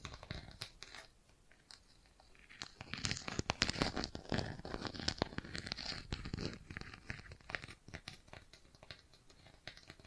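Bracelets and jewelry boxes being handled, with a rapid, irregular run of small bright clicks, rattles and crinkly rustling. The activity is sparse for the first couple of seconds, then grows busier and louder from about three to six seconds before settling into lighter scattered handling.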